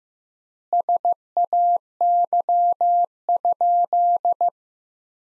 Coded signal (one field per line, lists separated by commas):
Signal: Morse code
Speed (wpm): 16 wpm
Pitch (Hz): 700 Hz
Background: none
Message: SAY?